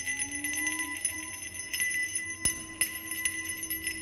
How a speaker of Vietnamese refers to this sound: Cho đến đoạn cao trào, cả người lão lắc lư như là con vụ, một tay cầm lấy cái chuông đồng, giơ lên cao mà lắc liên tục.